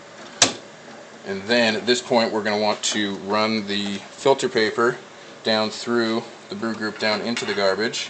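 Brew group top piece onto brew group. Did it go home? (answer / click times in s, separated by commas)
yes / 0.4 s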